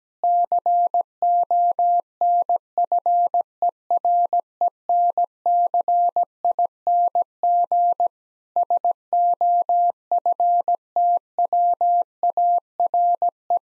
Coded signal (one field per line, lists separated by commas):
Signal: Morse code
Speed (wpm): 17 wpm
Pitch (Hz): 700 Hz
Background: none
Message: CONFERENCING SOFTWARE